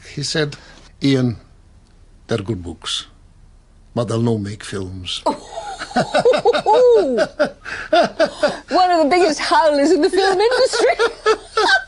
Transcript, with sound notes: he said,Ian, they’re good books, but they’ll no make films.
[Laughter] - Angela Rippon:
- One of the biggest howlers in the film industry.